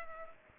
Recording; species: mosquito wingbeat signal from an infrared sensor; Culex pipiens